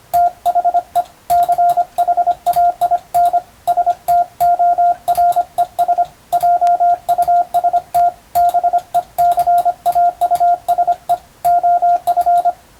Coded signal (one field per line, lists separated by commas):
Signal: Morse code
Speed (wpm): 25 wpm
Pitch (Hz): 700 Hz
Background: radio noise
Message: THE CHAIN STORES JUST BECAUSE OF